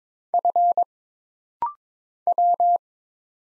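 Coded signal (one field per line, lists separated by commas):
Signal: Morse code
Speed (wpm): 22 wpm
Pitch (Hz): 700 Hz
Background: none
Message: F W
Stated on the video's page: Rapid-fire single character Morse drill at 22 wpm: letters, numbers, punctuation and prosigns, each sent, then spoken, then sent again.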